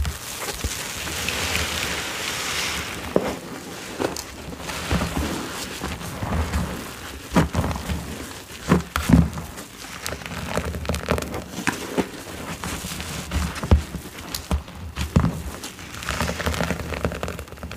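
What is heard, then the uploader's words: Watermelon ASMR with a dense, crackling wet texture running throughout, like juicy crunching and squishing. Sharp clicks and snaps stand out around 4, 7–9, 12 and 15 seconds over a steady low rumble, with a hiss brighter near the start and end. Watermelon ASMR.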